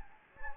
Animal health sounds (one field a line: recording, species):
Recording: mosquito wingbeat signal from an infrared sensor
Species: Anopheles gambiae